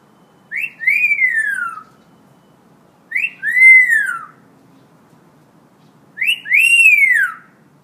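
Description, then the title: Hill myna repeating a loud two-part whistle, a short rising note then a longer arched note sliding down, roughly every three seconds. Tutor recording for training birds; the myna is described as gacor, singing vigorously and often. "Suara Burung Beo Gacor Cocok Untuk Masteran"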